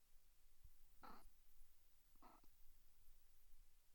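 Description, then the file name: Cat mewing, two short soft mews about a second apart, faint against a low background rumble. "mew 20"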